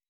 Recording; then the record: hydrophone in a shrimp aquaculture tank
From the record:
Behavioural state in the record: weakened